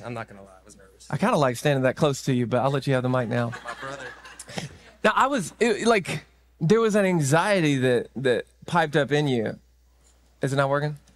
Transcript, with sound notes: I'm not going to lie. I was nervous. I kind of like standing that close to you, but I'll let you have the mic now. My brother. [laughter] Now, I was like there was an anxiety that that piped up in you. Is it not working?